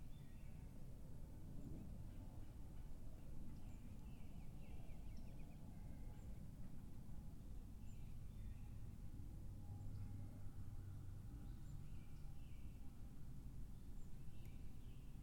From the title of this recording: Spring Lake Woods & Bog